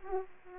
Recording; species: mosquito wingbeat signal from an infrared sensor; Aedes aegypti